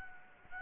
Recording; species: mosquito wingbeat signal from an infrared sensor; Anopheles gambiae